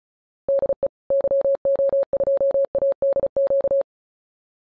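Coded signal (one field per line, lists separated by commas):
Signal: Morse code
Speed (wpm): 34 wpm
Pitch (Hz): 550 Hz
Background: none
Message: DE YO2ADQ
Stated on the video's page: High-speed QRQ CW training.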